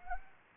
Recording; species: mosquito wingbeat signal from an infrared sensor; Anopheles arabiensis